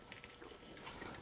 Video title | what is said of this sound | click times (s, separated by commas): #535 Artistic Engineering | the the whole camera bellows out and locks in place so now now it's a uh | 0.1 s, 0.2 s